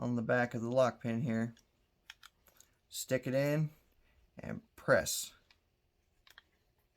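A slide release pin is being inserted through the frame of a CZ 75 SP-01 pistol with its notch aligned and pressed in, while someone talks. Between the speech come a few small, faint clicks and handling taps. Nothing has seated or clicked into place yet.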